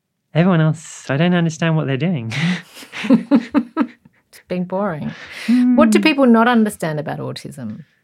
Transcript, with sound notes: Everyone else, I don't understand what they're doing.
(Laughs) It’s being boring. What do people not understand about autism?